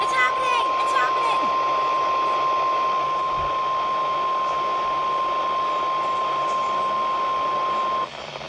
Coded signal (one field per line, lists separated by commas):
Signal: Emergency Alert System (SAME) tones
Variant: 1050 Hz attention tone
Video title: EAS 34 - KHB29 REQUIRED WEEKLY TEST!